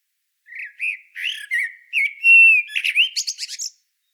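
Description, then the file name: Common blackbird song: a mellow, fluted warble of low whistles, ending in a thin, high, squeaky twitter. "Turdus merula"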